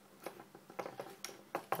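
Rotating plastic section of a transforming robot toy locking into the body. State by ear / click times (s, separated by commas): seated / 1.7 s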